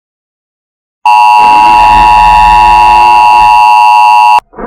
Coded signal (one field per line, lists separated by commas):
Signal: Emergency Alert System (SAME) tones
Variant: 853 and 960 Hz attention tone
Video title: EAS Scenario: Incident at Jurassic World Mactan Island